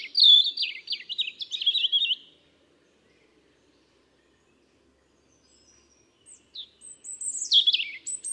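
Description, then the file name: European robin singing two separate phrases of high, tinkling warbles and thin whistles, divided by a few seconds of silence. "Erithacus rubecula"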